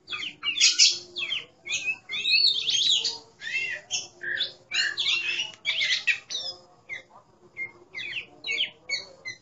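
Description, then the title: Oriental magpie-robin singing continuously, a rich jumble of bright whistles, trills and scratchy chattering notes in quick succession. "Kacer"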